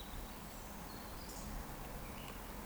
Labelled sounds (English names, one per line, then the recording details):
Eurasian Woodcock whistle
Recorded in Baden-Württemberg, Germany, on 14 June 2020 at 19:26 UTC
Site 14569, 102 m above sea level